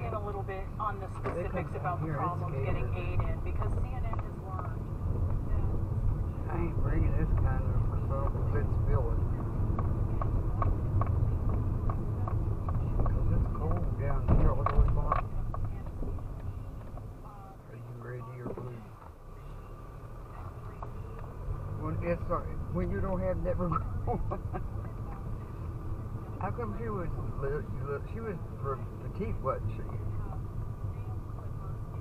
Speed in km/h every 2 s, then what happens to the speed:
16, 21, 24, 29, 31, 29, 26, 16, 2, 3, 11, 15, 16, 19, 18, 18.
0-6 speeds up to 29. 9-16 brakes to 2. 16-25 pulls away to 19. 25-32 steady at about 18.